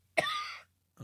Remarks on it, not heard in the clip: You have a cough. You're sick. Yeah, a little sick. Real smoker's cough.